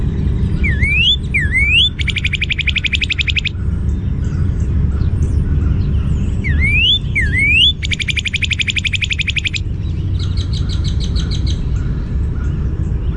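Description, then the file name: Northern cardinal song: a pair of rising slurred whistles leading into a rapid trill, the whole phrase given twice, then a fainter trill; steady low background rumble throughout. "NOCA song"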